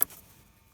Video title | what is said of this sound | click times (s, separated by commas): Replacing A/C Pressure Sensor - Peugeot 307 | electrical cable push it in place until it clicks and it's done I hope | 0.0 s